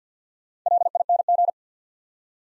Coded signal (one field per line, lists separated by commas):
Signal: Morse code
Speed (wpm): 50 wpm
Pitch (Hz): 700 Hz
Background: none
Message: LING